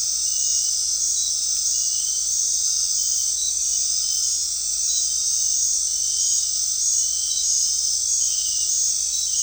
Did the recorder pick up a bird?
no